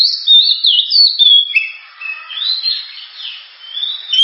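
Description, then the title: Oriental magpie-robin song, a run of loud, sweet whistles sliding up and down, with rapid varied phrases that dip and swell over a few seconds. Loud, sharp song of a lively singing magpie-robin, suited for use as a lure to prompt other birds to sing. "Kacer Gacor Suara Tajam. Kacer Gacor Suara Super Kenceng Cocok untuk Pancingan"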